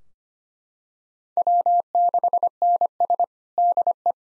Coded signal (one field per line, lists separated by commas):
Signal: Morse code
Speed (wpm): 25 wpm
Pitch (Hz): 700 Hz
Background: none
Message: W6NS DE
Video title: Practice QSO - Exchange 4- Ending - 25wpm